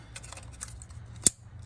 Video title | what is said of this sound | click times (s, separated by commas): SRT 392 Spark Plug Replacement (bonus content a look inside a combustion chamber) | click click it till you hit a snap lock it in place and you're all set guys | 1.3 s